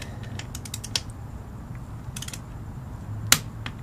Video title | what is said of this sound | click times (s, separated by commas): 2008 Ducati 1098 Chain Adjustment | And that's the click 1-2-1 pattern. | 3.3 s